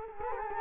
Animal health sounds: mosquito wingbeat signal from an infrared sensor; Culex quinquefasciatus

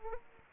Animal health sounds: mosquito wingbeat signal from an infrared sensor; Aedes aegypti

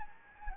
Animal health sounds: mosquito wingbeat signal from an infrared sensor; Anopheles gambiae

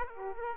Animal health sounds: mosquito wingbeat signal from an infrared sensor; Aedes aegypti

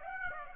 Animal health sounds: mosquito wingbeat signal from an infrared sensor; Aedes aegypti

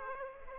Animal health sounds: mosquito wingbeat signal from an infrared sensor; Aedes aegypti

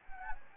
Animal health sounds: mosquito wingbeat signal from an infrared sensor; Anopheles gambiae

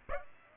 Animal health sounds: mosquito wingbeat signal from an infrared sensor; Aedes aegypti

